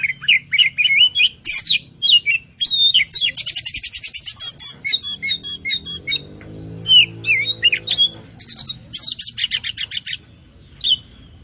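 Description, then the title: Oriental magpie-robin singing a varied, rapid song of whistles, trills and chattering phrases in quick bursts, with a low hum beneath. "Kacer Poci Gacor"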